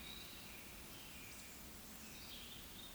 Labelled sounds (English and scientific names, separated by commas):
Eurasian Woodcock (Scolopax rusticola) whistle, Eurasian Woodcock (Scolopax rusticola) croak